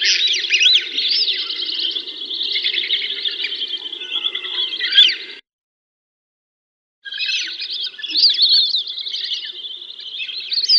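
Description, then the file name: Wandering Whistling Duck flock giving dense, overlapping high whistles and twitters, continuous for about five seconds, a silent break, then the chorus resumes with rising and falling notes. Many birds calling together in a flock. "audio burung belibis rumbai ombyokan omkicau"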